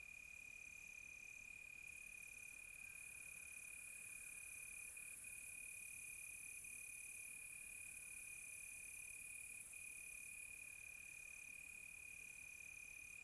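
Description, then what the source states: Crickets calling together: a continuous mid-high trill plus a higher pulsing trill that starts and stops, within a dense night insect chorus. Crickets on a quiet tropical night, recorded close.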